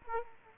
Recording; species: mosquito wingbeat signal from an infrared sensor; Culex quinquefasciatus